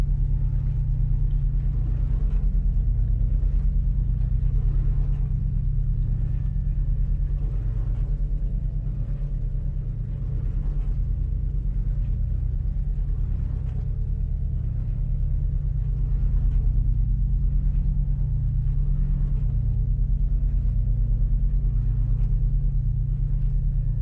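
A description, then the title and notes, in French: Calm, muffled sounds: a steady low rumble with a deep, droning hum that holds throughout, like an idling motor. Faint soft knocks recur every second or two above it, and the level stays even, dipping briefly around ten seconds. Sons calmes et sourds.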